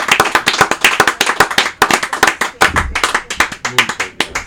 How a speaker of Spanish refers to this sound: Gracias y un aplauso para nuestros invitados y sean muy buenas bienvenidos y Dios nos cuide.